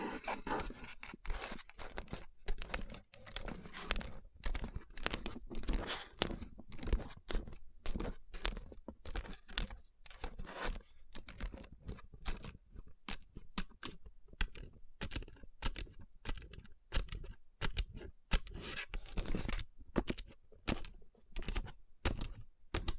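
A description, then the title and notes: Fingertips tap and rub over rhinestone-covered palms. Dense, irregular clicks come several per second, crisp and bright, mixed with gritty scraping strokes, slightly heavier in the first half before settling into sharper, sparser taps. ASMR Tapping & Rubbing Rhinestone Covered Palms.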